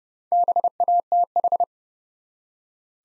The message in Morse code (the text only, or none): BATH